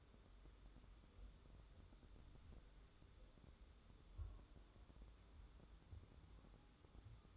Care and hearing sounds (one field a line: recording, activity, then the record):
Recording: daily activity, microphone in the room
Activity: wipe stove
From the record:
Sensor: 3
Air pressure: 1015.1 hPa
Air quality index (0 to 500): 49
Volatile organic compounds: 1 ppm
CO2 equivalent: 646 ppm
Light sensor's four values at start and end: 15/38/15/16 and 15/38/15/16